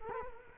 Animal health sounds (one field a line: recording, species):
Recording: mosquito wingbeat signal from an infrared sensor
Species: Culex quinquefasciatus